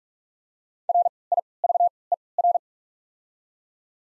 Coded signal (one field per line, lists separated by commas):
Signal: Morse code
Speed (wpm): 44 wpm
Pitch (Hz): 700 Hz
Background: none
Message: R I V E R